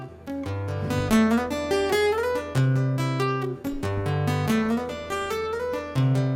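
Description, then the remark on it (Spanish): Rapid guitar tapping, the strings pressed against the fretboard with the fingers: a fast, steady stream of bright plucked notes hammered out over sustained low bass tones, loud and continuous with no voices. “hace una cosa con la guitarra que es súper difícil, que se llama tapping, que está así chafándola con los dedos.”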